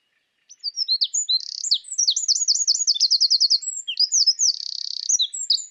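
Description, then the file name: Eurasian wren song, a long and energetic burst of high chirps, a fast even trill of repeated notes, then a dry buzzing rattle and closing twitters. "Troglodytes troglodytes"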